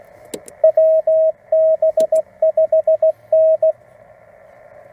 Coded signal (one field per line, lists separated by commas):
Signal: Morse code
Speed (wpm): 16 wpm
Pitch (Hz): 630 Hz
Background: radio noise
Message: WB5N